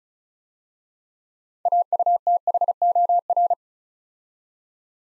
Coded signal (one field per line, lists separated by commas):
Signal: Morse code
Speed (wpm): 36 wpm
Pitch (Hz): 700 Hz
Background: none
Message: AUTHOR